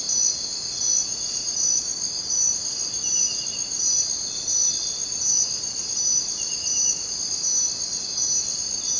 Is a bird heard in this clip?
no